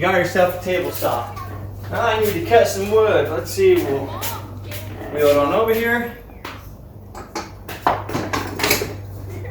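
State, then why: Seated. A Ridgid jobsite table saw on its rolling stand is set down into its lowered working position while someone talks. A few short metallic knocks follow, and the metal frame latch of the stand locks in place with a sharp click at 7.9 seconds.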